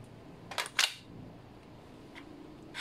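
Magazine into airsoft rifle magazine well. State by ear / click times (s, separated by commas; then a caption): not seated / none. A magazine is pushed into the magazine well of a G&G Armament MGCR 556 airsoft gas blowback rifle, giving a burst of sharp clacks around 0.5 to 0.8 seconds and another at the very end. The magazine has not locked into the rifle, and nothing has seated or clicked yet.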